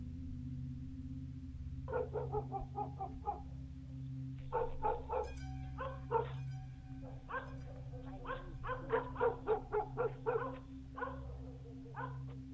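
A black dog in its kennel at midnight barks toward a neighbouring garden in quick, uneven bursts of sharp yaps, first a short run, then a longer frantic string of barks, over a steady low background hum.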